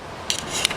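An aluminium radius door-sign profile, fitted with a synthetic insert and a screwed-on black end cap, is pushed onto its end cap mount over a faint rubbing, scraping background. Two sharp clicks land at 0.3 s and 0.6 s, each followed by a softer tick, and the profile seats in place.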